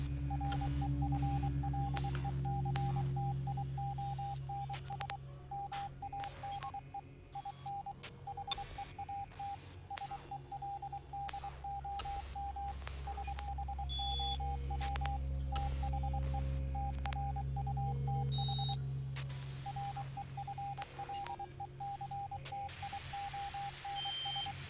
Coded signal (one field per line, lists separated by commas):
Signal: Morse code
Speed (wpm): 23 wpm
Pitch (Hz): 800 Hz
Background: radio noise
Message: REFLECTIONS MADE IN HEAT SELDOM SHOW THE TRUTH REFLECTIONS